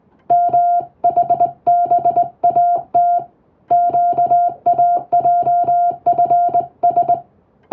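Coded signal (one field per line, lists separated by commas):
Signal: Morse code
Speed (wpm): 20 wpm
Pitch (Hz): 700 Hz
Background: music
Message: MHBAT QAJFS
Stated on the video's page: English-text Morse practice sent with a telegraph key by a first-class radiotelegraph operator, using a telegram practice book; playback speed adjustable for practice.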